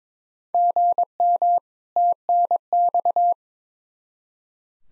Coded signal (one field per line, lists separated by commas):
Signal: Morse code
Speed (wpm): 22 wpm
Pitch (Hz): 700 Hz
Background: none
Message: GM TNX